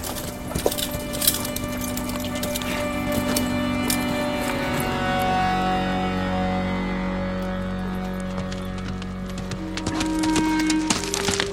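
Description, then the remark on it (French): A ridden horse's hooves trot in a steady, uneven clip-clop of sharp clicks for several seconds as its rider urges it on, over sustained low musical tones and a soft continuous hiss. “Allez, vite mon cheval. Allez, on va voir Yelena.”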